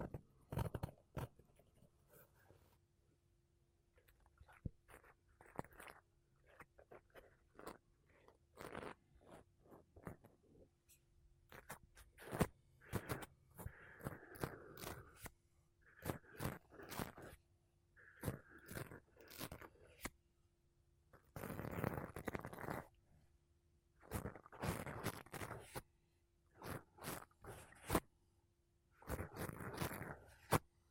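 Makeup brushes and a sponge rub across a microphone in short, scratchy strokes and soft bursts, some quick and clustered, others longer and fuller around 14, 22 and 25 seconds. A faint steady hum runs underneath throughout, with quiet gaps between strokes.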